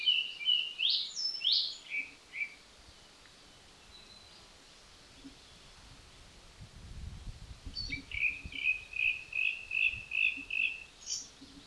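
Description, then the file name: Zappey's flycatcher song opening with varied sweeping and slurred notes, then after a pause a long run of repeated whistled notes ending on a higher note. Song at Lingshan on 7 June 2020 at 05:41. "2020-06-07-0541-Zappeys-Flycatcher-song-Lingshan"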